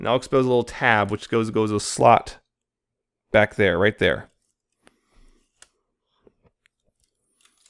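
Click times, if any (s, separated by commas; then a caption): 5.6 s. Someone talks while flipping a small panel on a die-cast and plastic Bandai Soul of Chogokin GX-72 Megazord combining robot toy so its tab lines up with a slot at the back, then pushes it home. After the talk stops, faint handling ticks follow, and the tab clicks into the slot at 5.6 s, seated.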